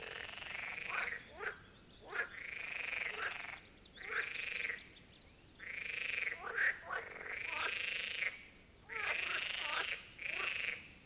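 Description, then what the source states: Chorus of marsh frogs, rattling croaks separated by short pauses, with quick sharp notes slipped in between the longer calls. Chorus of marsh frogs at the Birkensee in Schönbuch, Germany, recorded on one of the first hot summer days of 2023.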